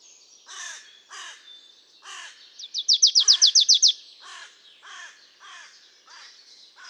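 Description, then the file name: Marsh tit giving one fast run of high, sharp notes among repeated harsh cawing from a crow. "Poecile palustris"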